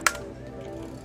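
A Ninebot by Segway ES2 electric scooter is unfolded: after stepping on the footbrake and releasing the folding clip, the metal handlebar stem is lifted until its folding latch snaps into the deck hinge. A single sharp, loud click at 0.07 s marks the latch locking the stem upright, followed by a low steady hum with faint music underneath.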